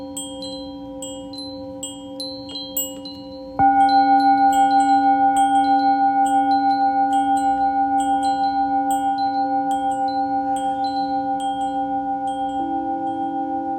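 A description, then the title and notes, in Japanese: A singing bowl hums steadily, then is struck loudly near four seconds, its ringing tone wavering as it slowly fades beneath light, bright tinkling chimes. メキシコから シンギングボウルのサウンドヒーリング ライブ。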